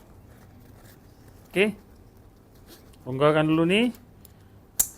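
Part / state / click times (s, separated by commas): plastic strap clip into its buckle on a backpack / seated / 4.8 s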